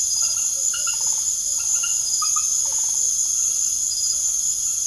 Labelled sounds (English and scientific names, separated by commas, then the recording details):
none
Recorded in secondary vegetation near Puerto Asís, Putumayo, Colombia, on 21 March 2025 at 20:30
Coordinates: 0.489, -76.322
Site G042